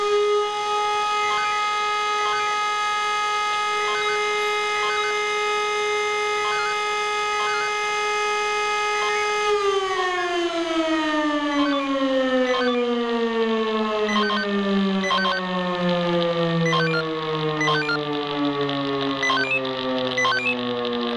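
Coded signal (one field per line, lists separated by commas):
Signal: siren signal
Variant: E57 siren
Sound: loud steady siren wail that winds down in pitch, with rapid beeping tone sequences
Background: pager alert tones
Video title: [E57 SIRENENPROBE] FUNKMELDEEMPFÄNGER QUATTRO 98 PROBEALARM FEUERWEHR ANDERNACH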